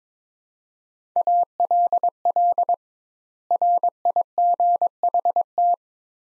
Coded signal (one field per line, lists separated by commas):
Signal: Morse code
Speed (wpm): 22 wpm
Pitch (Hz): 700 Hz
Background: none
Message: ALL RIGHT